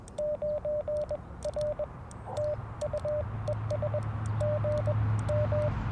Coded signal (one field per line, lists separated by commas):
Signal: Morse code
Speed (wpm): 16 wpm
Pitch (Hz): 590 Hz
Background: radio noise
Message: 9 R TU ES GM